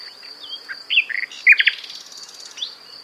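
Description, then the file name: Common Nightingale song: a jumble of quick slurred and sweeping notes with a few louder chirps, over a continuous pulsing insect drone. "Luscinia megarhynchos"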